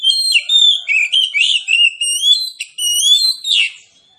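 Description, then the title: Oriental magpie-robin song, a continuous run of loud, varied whistled phrases with short sweeping and falling notes. Magpie-robin (kacer) singing in a fighting style, full of loud bursts ('tembakan'), meant to provoke rivals to fight; also offered as therapy for birds reluctant to sing. "Kacer Langsung Tarung Konslet KACER NGOTOT FULL TEMBAKAN. Kicau Kacer santaiterapi Kacer males bunyi"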